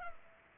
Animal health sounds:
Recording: mosquito wingbeat signal from an infrared sensor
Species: Culex pipiens

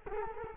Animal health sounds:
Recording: mosquito wingbeat signal from an infrared sensor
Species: Culex quinquefasciatus

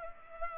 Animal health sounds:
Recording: mosquito wingbeat signal from an infrared sensor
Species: Culex pipiens

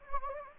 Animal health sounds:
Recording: mosquito wingbeat signal from an infrared sensor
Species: Anopheles gambiae

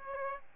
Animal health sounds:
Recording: mosquito wingbeat signal from an infrared sensor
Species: Aedes aegypti

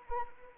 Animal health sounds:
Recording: mosquito wingbeat signal from an infrared sensor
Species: Anopheles arabiensis

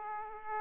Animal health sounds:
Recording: mosquito wingbeat signal from an infrared sensor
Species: Aedes aegypti

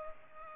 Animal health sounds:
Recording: mosquito wingbeat signal from an infrared sensor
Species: Culex pipiens

